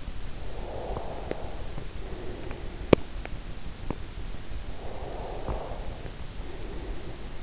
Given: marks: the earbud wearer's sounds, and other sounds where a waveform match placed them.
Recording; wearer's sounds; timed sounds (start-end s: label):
sounds in sleep by an in-ear microphone; breath
0.18-2.86 s: breath
4.44-7.43 s: breath